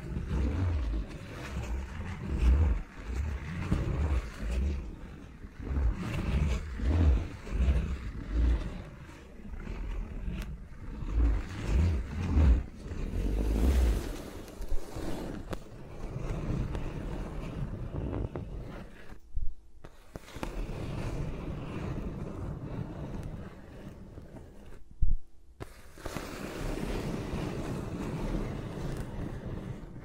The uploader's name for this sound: ASMR with Mics Around My Fingers (No Talking)